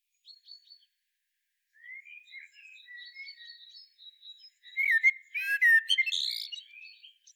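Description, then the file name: Common blackbird song: soft fluty whistled phrases, then a louder burst of squeaky, twittering notes toward the end. "Turdus merula"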